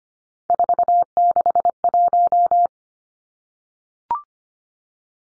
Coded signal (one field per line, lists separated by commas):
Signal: Morse code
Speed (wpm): 25 wpm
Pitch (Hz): 700 Hz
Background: none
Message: 461